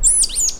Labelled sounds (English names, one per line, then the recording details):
Stitchbird song
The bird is a male
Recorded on Tiritiri Matangi Island, New Zealand, in 2005
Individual 1, of nest box 1